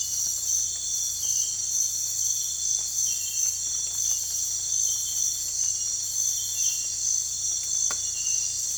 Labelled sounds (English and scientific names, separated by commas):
none